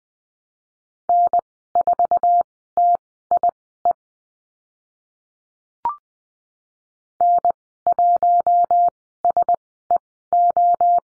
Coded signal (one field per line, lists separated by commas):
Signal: Morse code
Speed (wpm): 20 wpm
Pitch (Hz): 700 Hz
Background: none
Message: N4TIE N1SEO